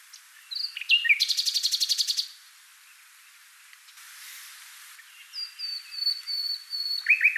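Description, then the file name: Common nightingale song: a few short notes, a rapid pulsed trill, a pause, then a row of clear high whistles, ending in a buzzy phrase. "Luscinia megarhynchos"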